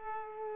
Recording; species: mosquito wingbeat signal from an infrared sensor; Culex pipiens